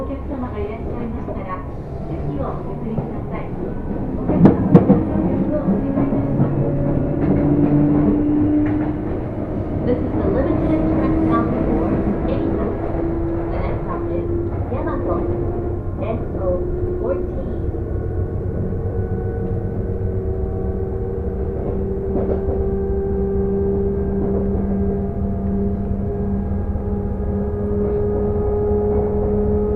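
Riding inside a train as it pulls away: a motor whine climbs steadily in pitch over the clip above a constant low rumble of the carriage. A few knocks and clatters come around the fifth second, and faint voices murmur early on.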